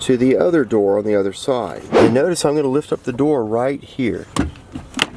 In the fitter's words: and you could hear it pop it popped open and it had enough flex in it where